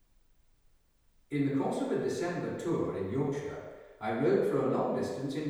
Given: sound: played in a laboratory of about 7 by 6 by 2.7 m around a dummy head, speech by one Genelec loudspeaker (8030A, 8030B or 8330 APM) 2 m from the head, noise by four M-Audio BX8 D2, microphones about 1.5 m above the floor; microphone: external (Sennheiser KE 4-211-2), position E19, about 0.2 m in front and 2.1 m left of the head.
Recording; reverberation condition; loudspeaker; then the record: male speech in English; high; 120 degrees to the right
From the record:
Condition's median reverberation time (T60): about 1300 ms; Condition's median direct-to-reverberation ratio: about -4.0 dB